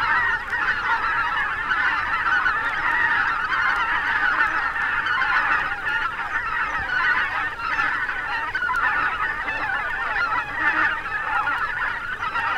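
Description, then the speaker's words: Greater white-fronted goose: greater white-fronted geese in a dense, unbroken clamour of many overlapping yelping calls. Thousands-strong flocks of white-fronted geese flying over a river island. "Какой гвалт! Это тысячные стаи белолобых гусей носятся над речным островом."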